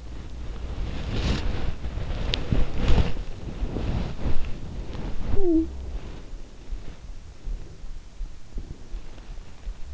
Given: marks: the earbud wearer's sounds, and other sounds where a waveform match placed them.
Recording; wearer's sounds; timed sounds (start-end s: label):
sounds in sleep by an in-ear microphone; body movement, talking in sleep
0.00-7.96 s: body movement
5.16-5.85 s: talking in sleep